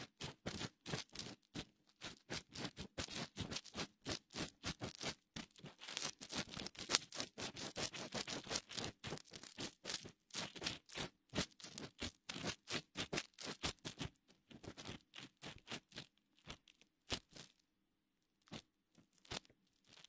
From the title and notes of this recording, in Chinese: 清理你的耳朵(双耳同时) 木质耳勺、棉签、指尖摩擦。